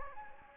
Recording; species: mosquito wingbeat signal from an infrared sensor; Anopheles gambiae